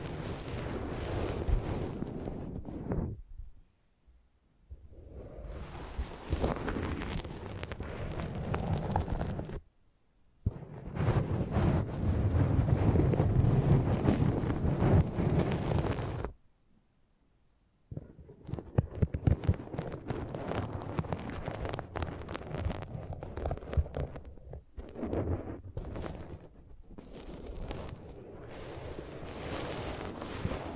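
Close-up microphone treatment for ASMR: dense rubbing and brushing noise that muffles and scrapes against the mic, with crackly, rumbling bursts. Three short silences break it up, near 4, 10 and 17 seconds, and the heaviest, boomiest stretch runs from about 11 to 16 seconds.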